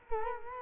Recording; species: mosquito wingbeat signal from an infrared sensor; Culex quinquefasciatus